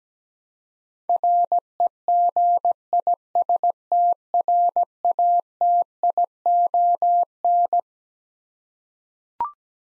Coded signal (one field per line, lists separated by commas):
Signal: Morse code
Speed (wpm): 17 wpm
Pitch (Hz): 700 Hz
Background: none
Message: REGISTRATION